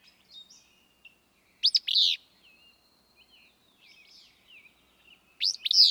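Willow flycatcher song: two loud, burry, sneezing phrases about four seconds apart, with soft twittering notes between them.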